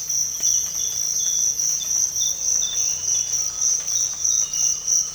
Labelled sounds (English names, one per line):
none